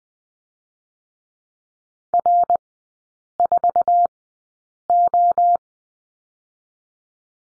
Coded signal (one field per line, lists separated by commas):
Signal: Morse code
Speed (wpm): 20 wpm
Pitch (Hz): 700 Hz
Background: none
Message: R4O